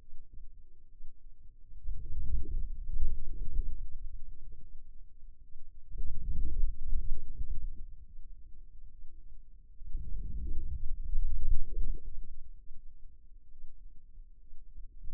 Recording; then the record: forearm muscle sounds (acoustic myography)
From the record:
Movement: outward rotation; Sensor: system 2, bracelet of six BSWA MPA416 microphones around the upper forearm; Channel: 5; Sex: male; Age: 22 years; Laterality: right